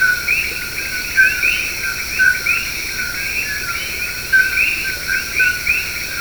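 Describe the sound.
Common coqui frogs in chorus, many rising chirps from several callers, backed by an unbroken shrill whine.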